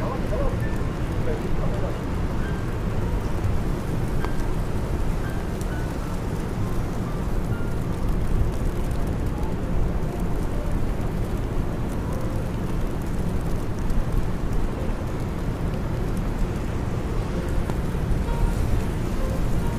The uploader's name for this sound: Raining Day In New York